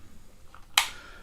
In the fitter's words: they snap right in they're held by a the connectors right there